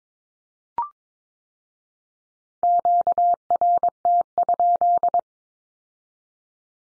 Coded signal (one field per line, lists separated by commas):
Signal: Morse code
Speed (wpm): 22 wpm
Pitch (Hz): 700 Hz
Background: none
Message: QRT?